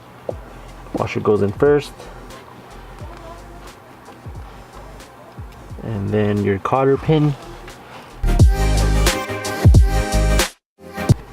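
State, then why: Not seated. A metal retaining cotter pin is handled at the shifter linkage pivot of a WRX after the washer goes on, during a Perrin shifter bushing install, while someone talks over background music. Short knocks and handling sounds are heard, with sharper hits near the end. Nothing has seated or clicked into place yet.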